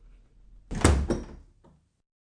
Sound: interview room door opens and closes